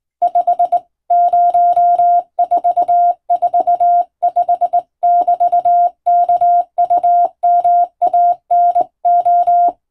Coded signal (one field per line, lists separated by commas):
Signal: Morse code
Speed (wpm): 21 wpm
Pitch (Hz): 700 Hz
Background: none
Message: 50445<BT>KUMANO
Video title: 【無線通信士】縦振り電鍵で打つ珍しい欧文暗語のモールス無線電報、昔は船と陸との唯一の通信手段、大変重要な無線通信でした。アマチュア無線の受信トレーニングにどうぞ morse code practice